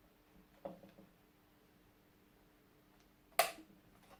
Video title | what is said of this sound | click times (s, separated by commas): Fnhalluk - Hubsan X4 Pro - 02 Drone Setup | click scan nice clicking sound so that you know that it's er it's engaged in it's in position and | 3.4 s